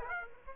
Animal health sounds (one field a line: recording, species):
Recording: mosquito wingbeat signal from an infrared sensor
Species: Aedes aegypti